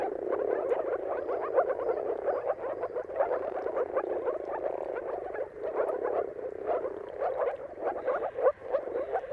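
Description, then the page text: Moor frogs calling in a thick chorus of short bubbling croaks, rising and falling gently in loudness without gaps. Mating chorus of moor frogs at sunrise, at the turn of March and April depending on the weather. "Jakub-Orzecki moor frogs. Dawn’s Chorus: Mating Calls of Marsh Frogs at Sunrise. Depending on the weather at the turn of March and April, you can witness an amazing spectacle of moor frogs"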